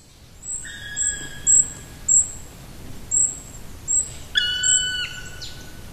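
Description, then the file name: Black woodpecker giving two long, plaintive ringing calls among a series of short high chirps. "patrick franke-schwarzspecht-black woodpecker-dryocopus martius"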